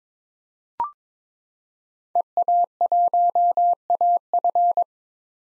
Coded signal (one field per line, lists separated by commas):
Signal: Morse code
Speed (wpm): 22 wpm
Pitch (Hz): 700 Hz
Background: none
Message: EA1AF